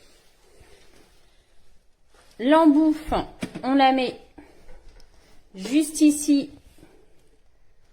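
Someone talks while fitting the nozzle attachment onto the body of a Bosch Unlimited 9 cordless stick vacuum with a 3.0 Ah battery and MicroClean technology, with brief handling noises between the words. The clip ends before the nozzle goes home, so nothing has seated or clicked yet.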